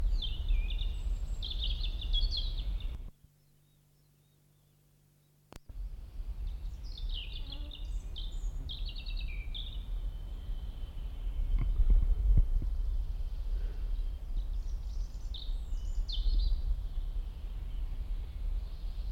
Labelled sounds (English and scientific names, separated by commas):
European Robin (Erithacus rubecula)